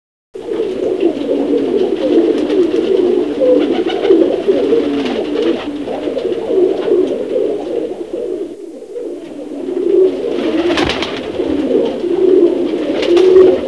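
Pigeon giving a long run of low, burbling coos, with a short dip near the middle before the cooing resumes.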